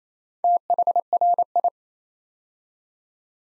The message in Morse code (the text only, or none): THRI